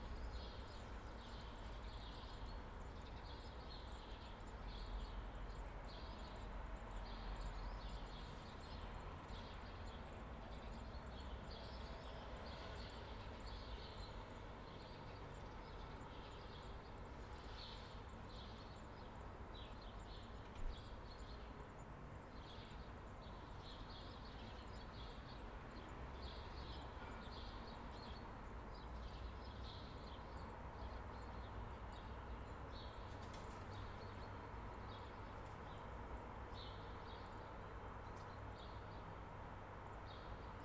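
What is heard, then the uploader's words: Chickadees call and chirp near a nest, with thin, high, rapid twittering running almost continuously through the whole recording. Beneath the birds lies a steady low rumble of traffic, and a single brief knock stands out around twenty seconds. Prešernova cesta 7's baby birds. Recorded on the balcony at Prešeren Street balcony at 6 AM. Featuring the comings and goings of nesting chickadees and their brand-new chicks.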